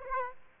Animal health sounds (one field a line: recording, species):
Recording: mosquito wingbeat signal from an infrared sensor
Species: Aedes aegypti